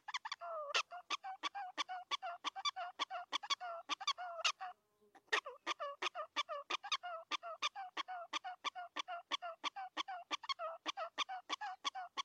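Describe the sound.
Prairie dog uttering steady rapid barks, about three per second, each short and nasal with a downward tail, briefly interrupted before five seconds.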